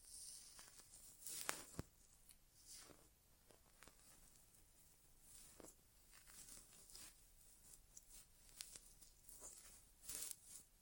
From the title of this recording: ASMR Inner Ear Exam (No Talking)